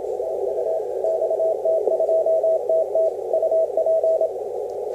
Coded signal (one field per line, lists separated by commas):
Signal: Morse code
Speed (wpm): 27 wpm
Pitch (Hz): 650 Hz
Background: none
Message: TU XT2TT UP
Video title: XT2TT 6m CW 22/02/2013